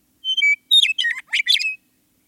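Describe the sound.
Western meadowlark song opening with a pair of sweet whistles that drop in pitch, followed by tumbling gurgled notes and a final brief whistle, in a quiet background.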